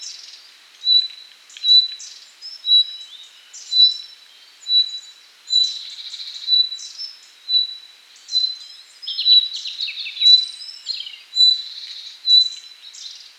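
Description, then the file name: Common nightingale song: high piping notes repeated about once a second, mixed with rapid varied chirps and trills, becoming busier toward the end. "Luscinia megarhynchos"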